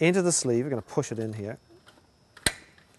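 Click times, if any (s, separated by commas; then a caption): 2.5 s. Someone talks while the base of a Golight RadioRay wireless remote LED spotlight is pushed into its plastic mounting/storage sleeve, with a few faint ticks as it slides in. At 2.5 s a single sharp, small click rings out as the base latches, and the spotlight is now seated in the sleeve.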